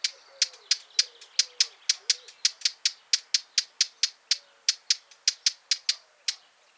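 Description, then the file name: Eurasian blackcap giving hard, sharp clicking tacks about three to four times per second in a steady series, with faint low whistles beneath. "Sylvia atricapilla"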